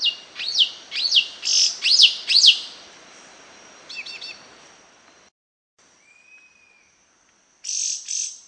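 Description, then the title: Yellow-green grosbeak song: a run of sharp, high, slurred notes repeated about twice a second, then softer clipped notes, a pause, and a brief final burst. Subspecies frontalis. "LuckyPassaro Completos2Sama. Yellow-green Grosbeak (Caryothraustes canadensis frontalis)"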